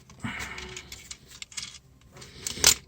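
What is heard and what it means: Plastic handling and rustling as the front of a Transformers Bumblebee Cyberverse Adventures Warrior Class Dead End action figure is pushed up while converting it from vehicle back to robot mode. The stiff car panels resist, then click free of the robot's elbow joints at about 2.5 s and 2.7 s, the second click louder. The panels are released.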